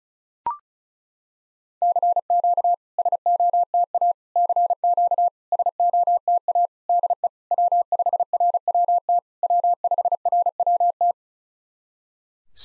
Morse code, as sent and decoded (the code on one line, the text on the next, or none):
-.-. --.- / ... --- - .- / -.-. --.- / ... --- - .- / -.. . / .-- ..... .-. .-- - / .-- ..... .-. .-- -
CQ SOTA CQ SOTA DE W5RWT W5RWT